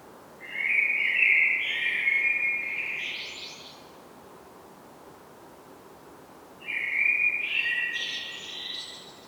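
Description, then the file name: Common blackbird song, two fluted phrases separated by a few seconds, each a warbled mid-pitched run ending in a high scratchy twitter, with quiet hiss between. "Turdus merula"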